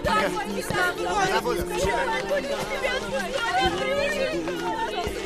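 Dense crowd chatter, many overlapping voices of excited fans talking at once around a train carriage as someone boards it, in a steady, loud babble with no single voice standing out.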